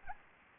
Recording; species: mosquito wingbeat signal from an infrared sensor; Anopheles gambiae